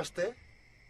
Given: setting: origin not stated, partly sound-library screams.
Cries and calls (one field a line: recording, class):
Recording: one-second piece from a danger detection set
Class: normal situation